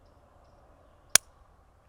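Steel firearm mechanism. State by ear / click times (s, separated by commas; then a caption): not seated / none. A Smith & Wesson 351 C .22 Magnum revolver is cycled with its cylinder slightly out of time, so the frame's cylinder stop fails to engage the cylinder. A single sharp metallic hit at about 1.2 seconds, likely the hammer, rises over a faint low hum. The cylinder has not locked and nothing has clicked into place yet.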